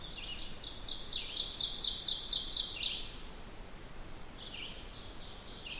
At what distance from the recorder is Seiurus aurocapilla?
about 35 m